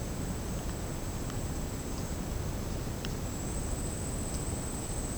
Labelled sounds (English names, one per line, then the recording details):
none
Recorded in secondary vegetation near Puerto Asís, Putumayo, Colombia, on 9 March 2025 at 09:30
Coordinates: 0.481, -76.318
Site G097